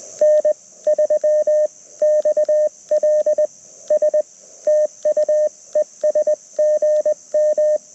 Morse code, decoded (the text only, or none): N3XLS TU ES GM